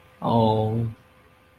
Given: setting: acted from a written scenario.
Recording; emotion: vocal sound without words; adoration